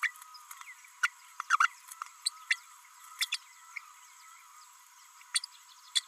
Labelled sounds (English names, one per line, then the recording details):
Green-rumped Parrotlet babbling
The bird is a female
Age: 32 days
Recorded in a nest box in Venezuela
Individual 17B32A5